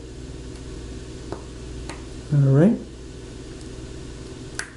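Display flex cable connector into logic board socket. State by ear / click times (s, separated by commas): seated / 4.6 s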